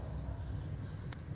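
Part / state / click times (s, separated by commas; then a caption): brake shoe spring onto brake shoe / seated / 1.1 s. A steel brake spring is levered with a screwdriver onto a brake shoe on the rear axle of a Del Rey, over a steady low rumble. A sharp metallic snap at 1.1 s marks the spring seating into place, and the fit is confirmed.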